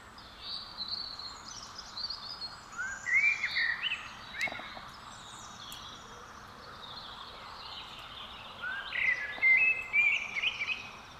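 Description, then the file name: Common blackbird song: mellow fluted phrases around three and nine seconds, with thin higher twitters. "Turdus merula"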